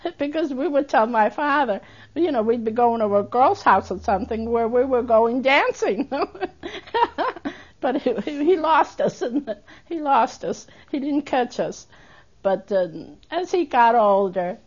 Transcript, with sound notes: That's because we would tell my father, you know, we'd be going to a girl's house or something where we were going dancing. ( she laughs ) He lost us in, he lost us. He didn't catch us. But, uh, as he got older